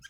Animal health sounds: pig call; piglet (1 to 25 days)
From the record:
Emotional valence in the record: positive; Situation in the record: reunion after long isolation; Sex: female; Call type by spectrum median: high-frequency call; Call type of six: low-frequency tonal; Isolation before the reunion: 8 minutes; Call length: 0.10 s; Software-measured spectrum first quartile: 1483 Hz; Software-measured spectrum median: 2498 Hz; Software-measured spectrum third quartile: 4564 Hz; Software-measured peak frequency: 1602 Hz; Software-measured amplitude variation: 294 dB a second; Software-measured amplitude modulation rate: 5.1 a second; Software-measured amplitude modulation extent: 58.0 dB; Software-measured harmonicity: 7.8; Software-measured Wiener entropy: -3.23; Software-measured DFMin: 673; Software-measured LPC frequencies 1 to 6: 1592, 3174, 4119, 5070, 5961, 6503 Hz

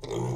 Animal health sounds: pig call; weaner (32 to 43 days)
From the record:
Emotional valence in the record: negative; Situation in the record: short isolation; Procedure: open field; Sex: female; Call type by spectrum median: low-frequency call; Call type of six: low-frequency modulated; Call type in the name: low-frequency modulated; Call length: 0.35 s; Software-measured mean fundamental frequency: 65 Hz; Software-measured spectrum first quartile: 160 Hz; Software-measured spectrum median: 360 Hz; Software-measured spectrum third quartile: 758 Hz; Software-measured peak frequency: 372 Hz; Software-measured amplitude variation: 128 dB a second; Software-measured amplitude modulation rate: 24.0 a second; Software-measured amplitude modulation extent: 5.3 dB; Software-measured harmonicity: 2.1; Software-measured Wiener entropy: -0.86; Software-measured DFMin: 783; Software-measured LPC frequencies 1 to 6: 383, 926, 2121, 3254, 3809, 4868 Hz

